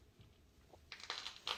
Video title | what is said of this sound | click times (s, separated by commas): Finally Got a CUMMINS! + Silverado Rebuild Part 5! | Yeah, you guys hear that click? | 0.9 s